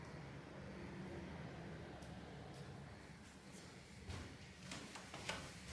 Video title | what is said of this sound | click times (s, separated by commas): Surface Book 2 Performance Base Assembly (GTX 1050 Thermal Paste) | that snaps back into position quite well | 5.3 s